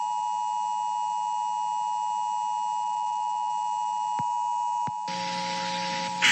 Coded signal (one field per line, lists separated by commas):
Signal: Emergency Alert System (SAME) tones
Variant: 853 and 960 Hz attention tone